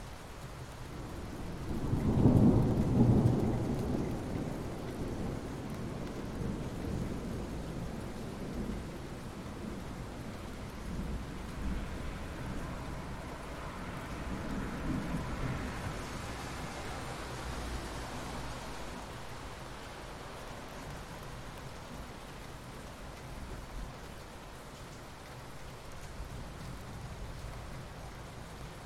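A heavy roll of thunder rumbles low around the two-to-four second mark, then fades into a steady patter of rain. A softer rumble swells near fifteen seconds while the rain keeps falling evenly underneath to the end.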